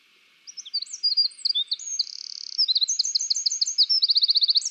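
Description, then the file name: Eurasian wren: energetic high twittering song starting after half a second, with a buzzy trill midway and a fast, even rattle to close. "Troglodytes troglodytes"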